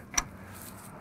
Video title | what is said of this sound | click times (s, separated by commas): How to Attach a Snowblower to Tractor | Snaps right in, it's on. | 0.2 s